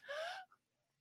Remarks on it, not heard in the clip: It's my asthma that I picked up over the last 2 weeks. Sorry if there's any wheezing.